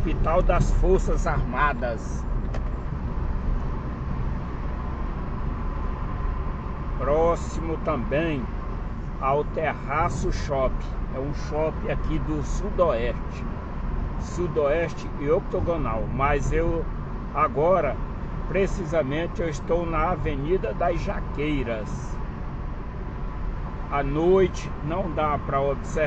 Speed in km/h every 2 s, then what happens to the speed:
47, 48, 49, 45, 43, 45, 45, 43, 43, 42, 41, 41, 43.
0-26 steady at about 43.